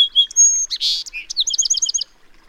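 Bird song: a varied phrase of clear high whistles, a buzzy burst, then a quick rapid series of repeated high notes, all high-pitched.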